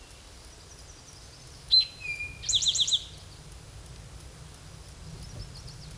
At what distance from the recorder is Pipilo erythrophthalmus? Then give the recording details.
about 5 m. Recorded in a Pennsylvania forest on 17 May 2023 at 13:14. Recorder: AudioMoth, point grid1_8_low. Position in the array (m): 119 m, 84 m